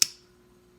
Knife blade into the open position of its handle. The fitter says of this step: nice little click